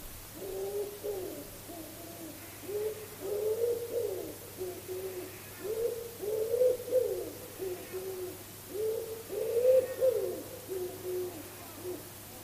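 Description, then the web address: Common wood pigeon giving low, soft cooing phrases in several rhythmic bouts, with a steady low hum in the background. "cianscape. Deverinetal. Bird Only"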